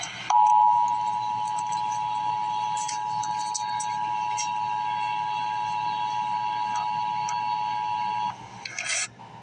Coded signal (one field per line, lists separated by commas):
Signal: Emergency Alert System (SAME) tones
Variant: 853 and 960 Hz attention tone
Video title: Emergency Alert System - 2 Cold Weather Advisories - Jan 28, 2026 at 12:12 AM EST